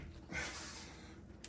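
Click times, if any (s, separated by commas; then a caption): none. The bottom of an aftermarket transmission cooler is being pushed into its plastic mounting point on the front radiator support of a 2015 Nissan Altima with a CVT transmission. A breathy, hissing rustle swells at about 0.3 s and fades slowly, and a brief sharp tick comes at 1.5 s. Nothing has seated or clicked into place yet.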